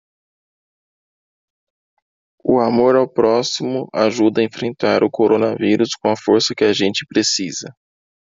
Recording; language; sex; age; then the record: spoken sentence; Brazilian Portuguese; male; 20 to 29 years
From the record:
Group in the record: control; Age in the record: 29 years